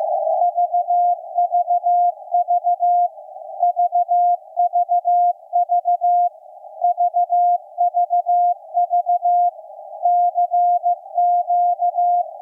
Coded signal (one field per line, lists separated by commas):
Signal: Morse code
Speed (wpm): 15 wpm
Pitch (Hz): 700 Hz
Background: none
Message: VVV VVV VVV CQ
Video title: Night of Nights XX KPH Point Reyes California Reactivation 128085 kHz CW Shortwave SDRplay RSP1A W6L